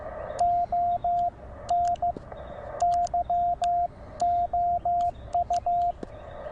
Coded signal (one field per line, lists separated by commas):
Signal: Morse code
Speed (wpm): 14 wpm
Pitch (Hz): 700 Hz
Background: radio noise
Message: ON YOU